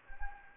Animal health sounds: mosquito wingbeat signal from an infrared sensor; Anopheles gambiae

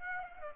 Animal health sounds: mosquito wingbeat signal from an infrared sensor; Aedes aegypti

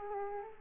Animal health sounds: mosquito wingbeat signal from an infrared sensor; Aedes aegypti

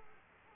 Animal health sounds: mosquito wingbeat signal from an infrared sensor; Culex quinquefasciatus

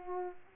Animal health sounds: mosquito wingbeat signal from an infrared sensor; Culex pipiens

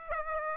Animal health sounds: mosquito wingbeat signal from an infrared sensor; Aedes aegypti

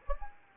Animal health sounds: mosquito wingbeat signal from an infrared sensor; Anopheles gambiae

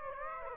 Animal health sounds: mosquito wingbeat signal from an infrared sensor; Aedes aegypti

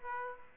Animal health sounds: mosquito wingbeat signal from an infrared sensor; Aedes aegypti

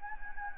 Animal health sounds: mosquito wingbeat signal from an infrared sensor; Anopheles gambiae

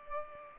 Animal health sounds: mosquito wingbeat signal from an infrared sensor; Culex pipiens

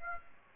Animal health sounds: mosquito wingbeat signal from an infrared sensor; Aedes aegypti

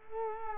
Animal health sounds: mosquito wingbeat signal from an infrared sensor; Culex quinquefasciatus

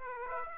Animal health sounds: mosquito wingbeat signal from an infrared sensor; Aedes aegypti

